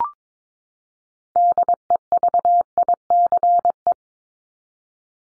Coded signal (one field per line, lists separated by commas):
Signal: Morse code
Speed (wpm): 22 wpm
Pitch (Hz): 700 Hz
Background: none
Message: DEVICE